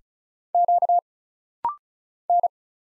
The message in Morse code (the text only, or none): Q N